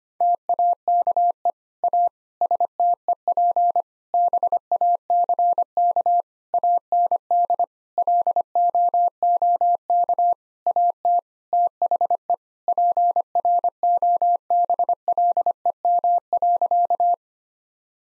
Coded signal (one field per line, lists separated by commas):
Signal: Morse code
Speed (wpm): 25 wpm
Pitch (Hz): 700 Hz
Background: none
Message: TAKE A STEP BACK AND LOOK AT THE PROBLEM.